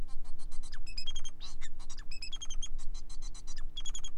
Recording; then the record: song of a male Bengalese finch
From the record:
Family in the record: son of father 4